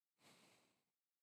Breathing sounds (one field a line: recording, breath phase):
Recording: one breath near a microphone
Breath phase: exhalation